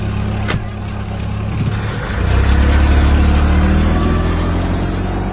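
A taxi's car engine idles on a street with a steady, low, humming rumble that grows a little louder and fuller partway through, with a faint click near the start and no voices.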